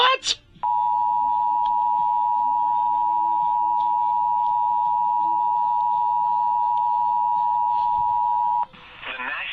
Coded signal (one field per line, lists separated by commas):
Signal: Emergency Alert System (SAME) tones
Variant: 853 and 960 Hz attention tone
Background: speech